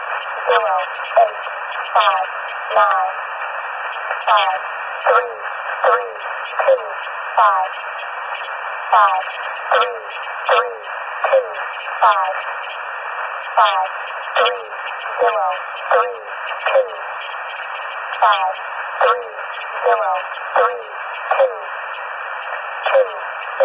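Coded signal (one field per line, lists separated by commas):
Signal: numbers station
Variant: E05 Cynthia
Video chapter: 13:57 - Agent 499 042109z April 2002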